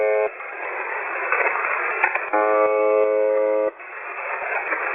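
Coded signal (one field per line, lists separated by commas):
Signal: channel marker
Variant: UVB-76, The Buzzer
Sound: shortwave hiss, end of one buzz, then a harsh buzz about 1.4 seconds long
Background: radio static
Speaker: For 24 hours a day, it emits a monotonous buzzing tone. 2 seconds of silence, then a buzz. 2 seconds of silence, then a buzz.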